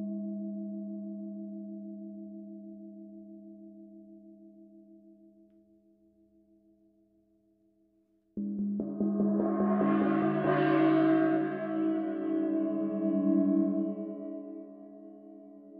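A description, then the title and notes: A struck gong hums with a steady low, layered ring that slowly fades over the first eight seconds. Just past eight seconds it is struck again, hard, blooming into a bright, shimmering roar that peaks around eleven seconds before easing back. Gong Meditation.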